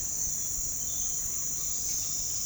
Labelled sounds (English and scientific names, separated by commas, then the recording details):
none
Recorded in pastures near Puerto Asís, Putumayo, Colombia, on 30 June 2025 at 07:30
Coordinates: 0.466, -76.322
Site GP07